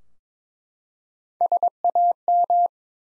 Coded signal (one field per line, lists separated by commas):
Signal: Morse code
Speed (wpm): 23 wpm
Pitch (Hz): 700 Hz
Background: none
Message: SAM